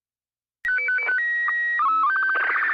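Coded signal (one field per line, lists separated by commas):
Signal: SSTV (slow-scan television)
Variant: Robot BW 8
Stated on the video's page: Live slow scan TV net on 145.390 and 146.700 repeaters.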